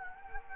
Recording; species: mosquito wingbeat signal from an infrared sensor; Anopheles gambiae